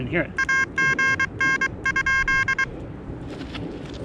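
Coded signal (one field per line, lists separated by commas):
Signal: Morse code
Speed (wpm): 23 wpm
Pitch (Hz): 1600 Hz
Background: speech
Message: AGN?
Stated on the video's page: Summits on the Air activation with Xiegu G-106 and Elecraft KH1 radios, on a peak with commercial communication towers, testing for interference.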